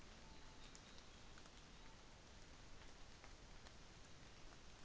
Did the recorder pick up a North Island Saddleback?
no